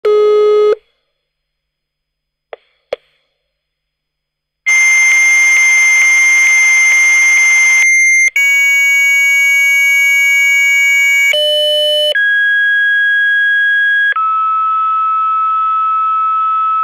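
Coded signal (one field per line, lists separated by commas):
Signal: dial-up modem handshake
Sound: brief dial tones, two clicks, a long 2.1 kHz tone, then shifting steady modem tones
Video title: Modem Sending & Receiving a Transmission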